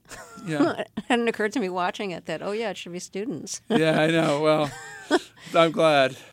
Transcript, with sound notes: It hadn't occurred to me watching it that, oh yeah, it should be students.
(LAUGHTER)
Yeah, I know, well, I'm glad.